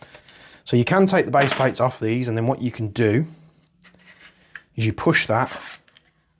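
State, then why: Not seated. Someone talks while handling an airsoft gas magazine with its base plate removed, about to push an internal part of the magazine upward. A few faint handling sounds are heard between the speech. The clip ends before the part goes home, so nothing has seated or clicked yet.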